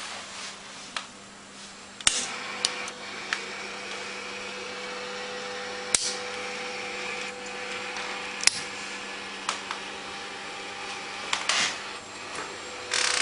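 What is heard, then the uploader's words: A digital tube tuner gives off a steady low hum with fixed whining tones above it. Sharp clicks and brief mechanical ticks break in irregularly, near 2, 6, 8.5 and 11.5 seconds, with smaller taps between and a short rustle near the end. Tuning in the digital tube tuner on the 1.5 to 30 megacycles band in the USB/LSB/CW/AM/FM set.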